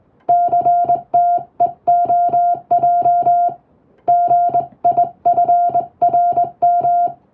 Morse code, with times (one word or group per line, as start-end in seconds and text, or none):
0.3-3.5 CTEOJ
4.1-7.1 GIFRM